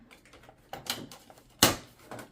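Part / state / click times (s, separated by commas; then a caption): plastic dollhouse piece into house structure / not seated / none. A plastic dollhouse piece is handled and squeezed against the house structure of a Barbie Dreamhouse, giving light plastic knocks and rattles around 0.7, 0.9 and 1.1 seconds, a sharp loud knock at 1.6 seconds and a softer one at 2.1 seconds. Nothing has seated or clicked into place yet.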